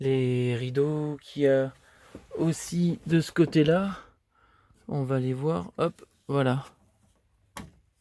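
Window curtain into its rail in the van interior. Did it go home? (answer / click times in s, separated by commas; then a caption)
yes / 7.6 s. In a Ford Transit Nugget Westfalia camper van, a window curtain is fitted onto its side rail and clipped in place while someone talks. A sharp tick at 7.6 s marks the curtain clipping onto the rail, and a fainter tick follows at 8.0 s.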